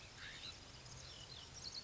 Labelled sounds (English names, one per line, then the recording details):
California Scrub-Jay
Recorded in Sonoma County, California